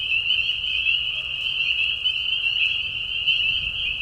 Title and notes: Peeper frogs in the spring. This is a recording made of Peeper frogs in a marsh at night. This is a mating call that happens during a very short season in the Spring. The high whistles at a low volume. Recorded at the Tiny Marsh Conservation area in Tiny, Ontario. Recorded by Anton Pickard. Part of the Music for Sleep project